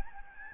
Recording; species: mosquito wingbeat signal from an infrared sensor; Aedes albopictus